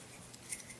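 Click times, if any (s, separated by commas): none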